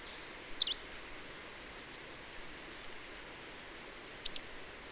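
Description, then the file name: Marsh Tit calls: a quick high downward-slurred note, then a fast series of faint thin ticks, and a loud sharp high call near the end. "Poecile palustris"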